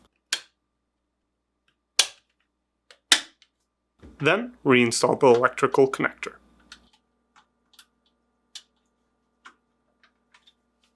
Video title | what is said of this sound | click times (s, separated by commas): How to replace RFID Water Filter Board part # WR55X35905 on your GE Refrigerator | install align the new RFID board to the cover with the connector closest to the screw hole and press until it snaps into place then | 0.3 s, 2.0 s, 3.1 s